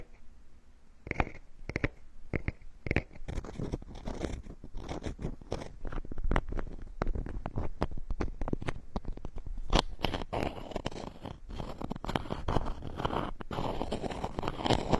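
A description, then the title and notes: Ear picking and massage sounds: a dense run of quick scratchy, rustling strokes that continues for the whole stretch. Sharp brushing ticks come irregularly several times a second, with a brief run of brighter scraping clicks near the start and rougher, fuller rubbing toward the end. Tree Ear Picking Supreme Spa Ear Massage.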